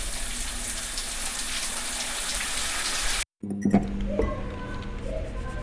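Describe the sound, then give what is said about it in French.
A salt-water shower, switching on by itself, sprays in a steady, loud hiss for about three seconds, cuts off abruptly, then resumes as a softer rush with low humming, pipe-like tones underneath. “La douche salée s'enclenche toute seule sur mon pauvre corps meurtri.”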